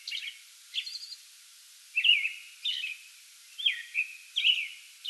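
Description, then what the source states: American robin singing clear, slurred whistled phrases, each short, separated by brief gaps. Pre-dawn song bout recorded on 8 May 2022.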